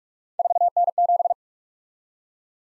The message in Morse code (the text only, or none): 4N7